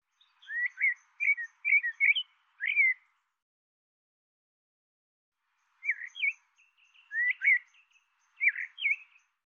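Twittering bird phrases of short hooked whistles, two bursts separated by a few seconds of quiet, faint high ticks running alongside.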